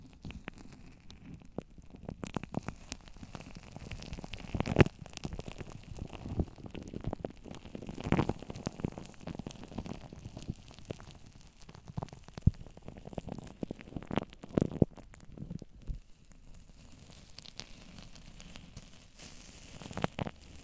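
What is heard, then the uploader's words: Shaving foam crackles and pops right against the mic, a dense, close wet fizz of tiny bursts. Louder squishing pops stand out every second or two, near 5, 8, 12 and 15 seconds, over a low rumble. ASMR Shaving FOAM On The Mic Until It's Gone.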